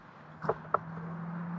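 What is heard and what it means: The last side wall of an ASAT Reaper pop-up fabric hunting ground blind is pushed out, with a soft fabric rustle around 0.4–0.5 s over a steady low hum. The wall's hub snaps into its extended, locked position with a sharp pop at 0.7 s, and the blind is fully set up.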